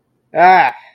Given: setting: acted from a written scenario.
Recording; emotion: vocal sound without words; anger